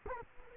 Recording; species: mosquito wingbeat signal from an infrared sensor; Culex quinquefasciatus